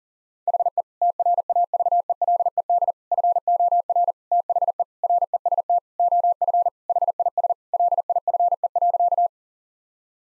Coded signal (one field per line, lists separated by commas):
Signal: Morse code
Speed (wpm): 38 wpm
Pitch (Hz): 700 Hz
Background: none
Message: HE TRAVELED FOR THE REST OF HIS LIFE.